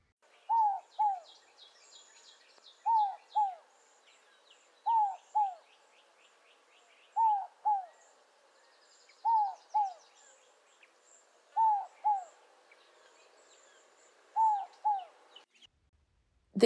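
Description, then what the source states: Inca dove coos: seven pairs of low notes, spaced a few seconds apart, over faint background birdsong. Inca dove coo recorded from slightly further away; a low, mournful coo said to sound like 'no hope'.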